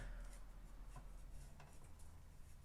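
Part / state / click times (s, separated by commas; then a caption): power cord twist-lock plug into LED grow light driver input / not seated / none. A power cord's twist-lock plug is fitted to the input side of an LGECON LG2200 LED grow light driver and twisted, with soft rubbing and scraping handling noise and a brief faint tap near 1.6 s. The clip ends just before the plug goes home, and nothing has locked or clicked yet.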